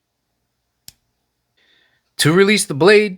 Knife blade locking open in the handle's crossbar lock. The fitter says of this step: blade is rotating around to open, you're going to see it lock into place.